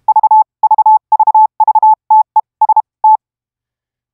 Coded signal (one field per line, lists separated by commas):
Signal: Morse code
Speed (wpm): 32 wpm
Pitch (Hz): 870 Hz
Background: none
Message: VVV VTEST